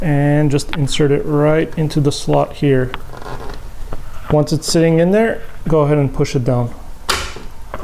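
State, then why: Seated. A toner cartridge for a Brother printer is pushed down into the plastic drum unit while someone talks. At 7.1 s a loud thud is heard, followed at 7.7 s by a sharp short click as the cartridge locks into place and is seated.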